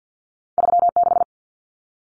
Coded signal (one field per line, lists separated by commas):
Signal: Morse code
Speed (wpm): 50 wpm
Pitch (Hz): 700 Hz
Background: none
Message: 36